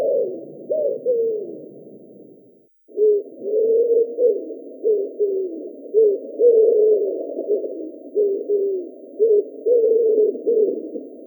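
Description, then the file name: Common Wood Pigeon repeating soft, low coo phrases over and over, briefly interrupted by a short gap, then continuing in a steady rhythmic pattern. "Columba palumbus"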